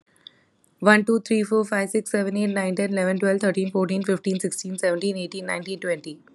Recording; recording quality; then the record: counting at a fast pace; excellent, no background noise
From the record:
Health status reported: exposed to COVID-19, no respiratory illness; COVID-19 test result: negative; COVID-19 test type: RT-PCR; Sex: female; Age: 25 years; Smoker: no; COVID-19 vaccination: both doses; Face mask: not worn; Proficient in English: yes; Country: India